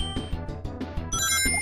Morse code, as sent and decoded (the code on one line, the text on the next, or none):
none